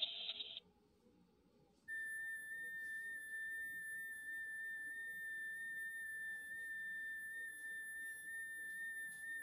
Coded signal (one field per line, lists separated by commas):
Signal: FT8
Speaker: the signal report being sent as minus1 12 and as soon as I receive it I'll get that here and the call will get locked